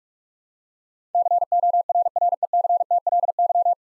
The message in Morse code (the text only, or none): CORRECTLY